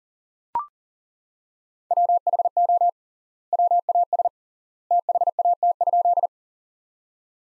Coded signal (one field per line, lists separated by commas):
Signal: Morse code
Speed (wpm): 40 wpm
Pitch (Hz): 700 Hz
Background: none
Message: WHO WAS THAT?